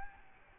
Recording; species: mosquito wingbeat signal from an infrared sensor; Aedes albopictus